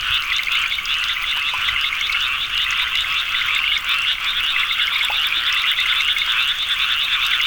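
A frog chorus of continuous, overlapping rattling croaks, steady and unbroken throughout.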